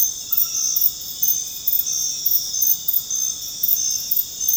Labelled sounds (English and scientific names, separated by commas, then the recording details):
none
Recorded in dense forest near Puerto Asís, Putumayo, Colombia, on 9 March 2025 at 00:00
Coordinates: 0.486, -76.317
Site G053